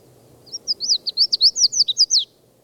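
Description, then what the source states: Red-faced Warbler giving a string of many high, bright slurred notes lasting under two seconds, then quiet. At the foot of Mount Elden Road on 17 May, about 10 to 10:30 am, flying to another tree, after several other calls.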